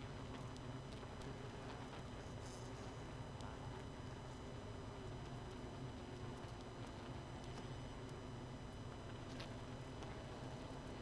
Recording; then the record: honeybee colony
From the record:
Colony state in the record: missing queen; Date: 31 May 2018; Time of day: 22:18